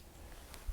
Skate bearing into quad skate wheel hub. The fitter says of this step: press it until it snaps press the button